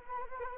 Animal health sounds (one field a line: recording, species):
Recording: mosquito wingbeat signal from an infrared sensor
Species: Anopheles arabiensis